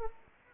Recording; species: mosquito wingbeat signal from an infrared sensor; Anopheles gambiae